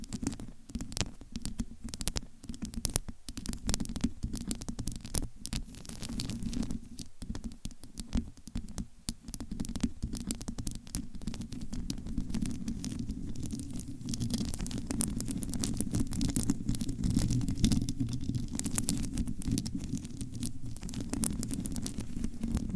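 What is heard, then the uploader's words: Microphone tapping and scratching, with a dense, restless crackle of quick taps over a steady low rumble that grows slightly louder after midway. ASMR Tingly Mic Tapping & Scratching to Help You Fall Asleep No Talking.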